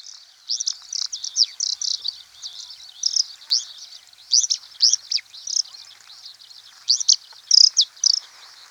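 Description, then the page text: Oriental skylark song: high, chattering phrases of quick twittered notes in short bursts with brief gaps between them. "Oriental Skylark Song. Quick Sounds library"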